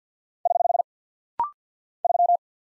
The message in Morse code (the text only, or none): <HH> 3